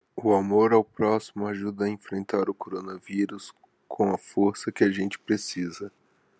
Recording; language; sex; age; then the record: spoken sentence; Brazilian Portuguese; male; 30 to 39 years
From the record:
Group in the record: control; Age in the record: 30 years